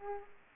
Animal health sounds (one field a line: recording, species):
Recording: mosquito wingbeat signal from an infrared sensor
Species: Aedes aegypti